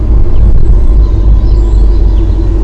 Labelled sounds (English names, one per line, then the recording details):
Common Chaffinch
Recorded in Germany
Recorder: ecoPi